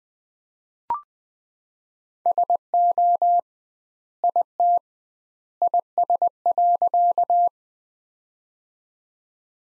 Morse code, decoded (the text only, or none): SO IT IS.